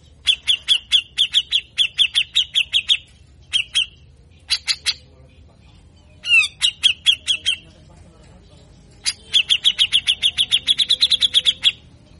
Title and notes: MASTERAN CUCAK JENGGOT GACOR FULL BESETAN KASAR. Masteran Dan Pancingan cucak jenggot Gacor Efektif Pancing bunyi. Burung cucak jenggot